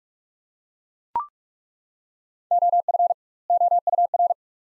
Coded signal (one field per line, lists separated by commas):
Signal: Morse code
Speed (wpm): 42 wpm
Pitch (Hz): 700 Hz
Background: none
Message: OF OUR